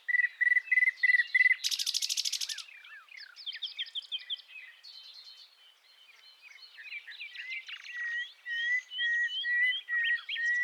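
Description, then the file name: Common nightingale song: repeated whistled notes, a fast buzzing burst, scattered chirps and trilled notes, then a louder run of repeated notes. "Luscinia megarhynchos"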